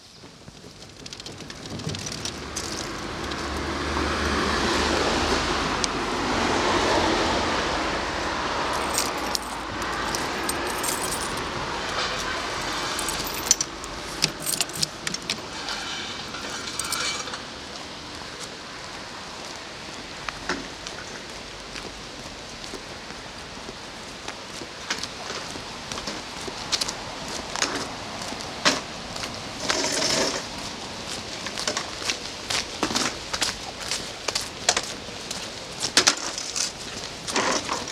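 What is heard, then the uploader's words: Along the river in Odense, a low rushing swell builds over the first fifteen seconds and fades, leaving scattered clicks, creaks and brief rustles. Sounds along the river in Odense, Denmark. Sit on a bench as tree branches are squeaking in the wind and recreational runners are passing by.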